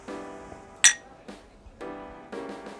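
Two glasses meet in a single bright, ringing clink in a birthday toast at a café in the evening, standing out against a low murmur of voices, with soft humming tones before and after.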